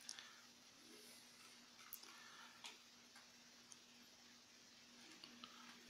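A microSD card in the side slot of a G1w dashcam is pushed one-handed to make it click out, but it does not release. Only faint taps and rubbing are heard over a steady low hum, with brief sharp ticks near 0.1 s and 5.9 s. Nothing has clicked out yet.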